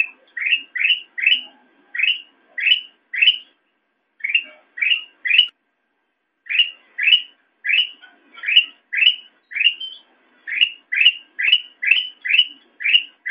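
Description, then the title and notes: Sooty-headed bulbul delivering sharp upslurred chirps in quick runs, broken by a silent gap of about a second midway. Intended for masteran, tutoring other songbirds to copy the call. "suara burung kutilang buat masteran"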